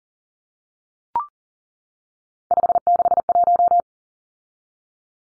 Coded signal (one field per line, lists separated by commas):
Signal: Morse code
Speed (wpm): 40 wpm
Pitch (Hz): 700 Hz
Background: none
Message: 561